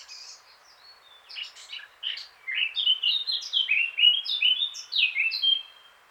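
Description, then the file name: Eurasian blackcap song: soft, scratchy chattering builds into a loud series of mellow, fluting whistles. "Sylvia atricapilla"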